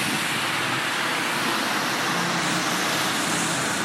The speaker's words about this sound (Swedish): Här kommer någon åkande i en jävligt ful bil. Jag har inte tvättat den på länge.